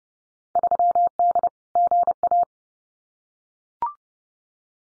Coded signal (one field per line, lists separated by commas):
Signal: Morse code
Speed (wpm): 30 wpm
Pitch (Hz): 700 Hz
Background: none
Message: 3D GA